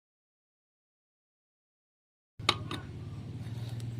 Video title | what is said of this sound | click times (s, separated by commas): CARA MUDAH ATASI NGASAP PUTIH,BREBET,BOROS BBM,LOYO,HONDA SUPRA FIT | itu sudah terkunci tadi | 2.5 s